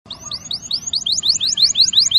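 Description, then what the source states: Canary song, a steady run of quick rising chirped notes. Champion canary song used as a master recording for training other birds.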